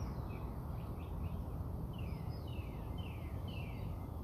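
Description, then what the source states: Bird song of soft slurred whistles, each note sliding downward, given in a loose series over strong low-pitched background noise. Birds singing outside the recordist's house.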